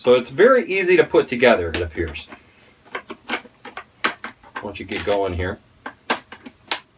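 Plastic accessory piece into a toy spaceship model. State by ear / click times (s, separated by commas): seated / 6.7 s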